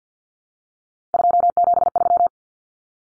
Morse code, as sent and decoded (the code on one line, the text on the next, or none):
..--- --... ...--
273